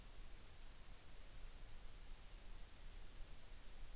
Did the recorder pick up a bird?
no